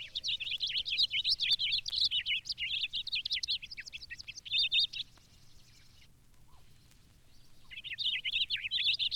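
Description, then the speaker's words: Purple Finch song: a long, fast, jumbled warble, a pause, then another warbled phrase beginning. Male varying his song with songs of different lengths. "This purple finch varies his serenade with songs of different lengths."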